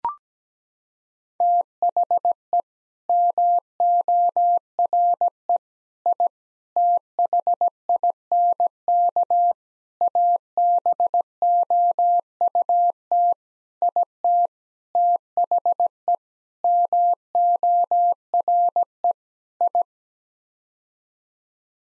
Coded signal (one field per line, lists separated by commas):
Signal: Morse code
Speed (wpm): 17 wpm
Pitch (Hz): 700 Hz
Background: none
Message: THE MORE I THINK ABOUT IT THE MORE I